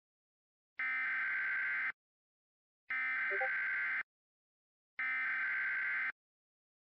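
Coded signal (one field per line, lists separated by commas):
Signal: Emergency Alert System (SAME) tones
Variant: header bursts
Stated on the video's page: Mock tornado warning, fictional, with valid SAME tones.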